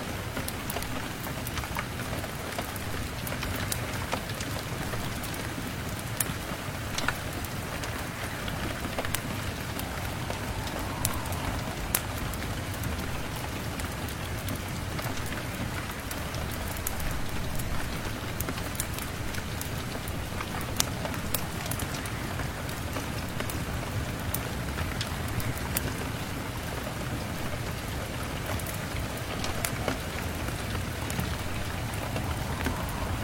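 Heavy rain pours steadily outside a house, a dense, unbroken hiss that holds the same level throughout. Sharp drips and splashes tick through it constantly, and a low, rumbling roar of wind sits underneath the whole recording.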